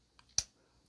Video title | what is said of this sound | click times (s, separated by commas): 2025 STILL THE BEST BUDGET EDC KNIFE UNDER $18 FLISSA FOLDING EDC KNIFE WITH AXIS LOCK REVIEW! | and it locks into place | 0.4 s